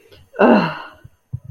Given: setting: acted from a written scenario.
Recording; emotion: vocal sound without words; negative surprise